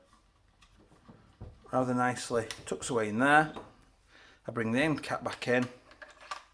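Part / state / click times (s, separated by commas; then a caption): end cap retaining pin into airsoft SMG receiver / not seated / none. Someone talks while bringing the end cap of a JG MAC10 (JG0452) airsoft replica back toward its receiver, after the battery connector has been tucked away inside. Light handling noises and a few sharp metallic taps are heard near the end, around 5.9–6.3 s. The end cap and its retaining pin have not yet seated or clicked into place.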